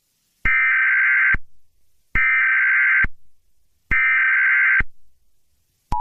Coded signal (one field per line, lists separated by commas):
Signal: Emergency Alert System (SAME) tones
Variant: header bursts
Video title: The black spiral EAS scenario